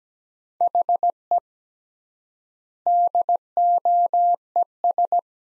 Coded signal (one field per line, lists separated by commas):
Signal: Morse code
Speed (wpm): 17 wpm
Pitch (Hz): 700 Hz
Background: none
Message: HE DOES